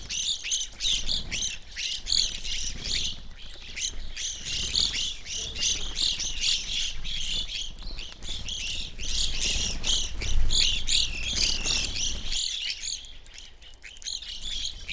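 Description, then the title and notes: Evening Grosbeak flock chattering, dense high chirps repeated several times a second, with a brief lull near the end before the calls resume. Flock feeding busily on sunflower seeds at a feeder hung from a birch tree in a backyard, McCloud, Siskiyou County, California; relatively warm winter morning; two microphones either side of the trunk. "I recorded this at my home in the small town of McCloud in Siskiyou County, California. It was a relatively warm winter morning, and a flock of Evening Grosbeaks was busily eating a breakfast of sunflower seeds from a feeder hanging from the branch of a birch tree in my backyard."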